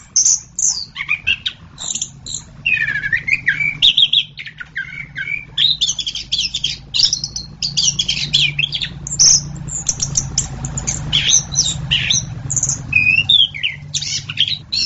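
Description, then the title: Orange-headed thrush song: dense, varied high chirps and sweet warbled phrases tumbling almost without pause, with a low rumbling hum underneath. "anis kembang"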